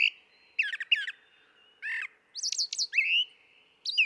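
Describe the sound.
Brown thrasher song: a few paired phrases, a chattering double note, a low raspy burst, then bright high slurred whistles.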